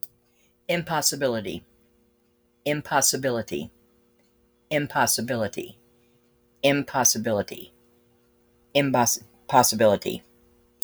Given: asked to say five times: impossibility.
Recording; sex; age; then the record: repeated word; female; 60 to 69 years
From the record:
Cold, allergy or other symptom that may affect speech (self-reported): no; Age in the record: 64 years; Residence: Texas, United States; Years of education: 12